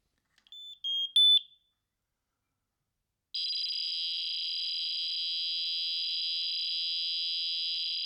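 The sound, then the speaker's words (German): A smoke detector emits a few short, high chirping tones, then after a pause a continuous, buzzing, fax-like data tone holds steady at high pitch for several seconds. The tone is triggered by pressing Test in an app and holding the detector button about 3 seconds; it sends the photocell and battery status to the app. “Nein, die haben sowas ähnliches wie ein Fax eingebaut in diese Rauchmelder.”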